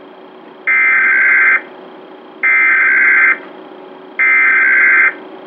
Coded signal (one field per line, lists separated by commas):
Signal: Emergency Alert System (SAME) tones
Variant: header bursts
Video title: Emergency Alert System (EAS) - National Periodic Test (NPT) . 9.28.2016